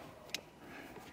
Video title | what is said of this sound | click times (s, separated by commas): etrailer - Hands-On with the Curt Wiring Adapter for Tekonsha Brake Controller | and once that's plugged in you'll hear that little click and then you can kind of just give it a little tug to make sure that's in there correctly | 0.3 s